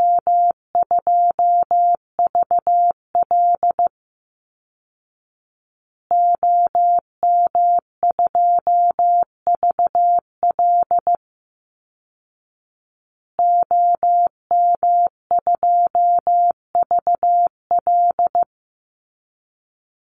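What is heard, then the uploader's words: A callsign sent in Morse code: a steady, pure mid-pitched tone keyed on and off in short dots and longer dashes. Three bursts of keying, each about four to five seconds long, are separated by silent gaps of roughly two seconds, with nothing else audible. Call Signs Repeated 2x - 15wpm. First, the callsign is sent 2x in Morse code. Finally, it is sent again in Morse code.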